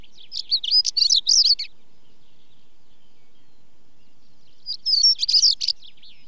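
Stonechat singing a brief scratchy warble of rapid high notes, then silence for about three seconds before a second similar phrase.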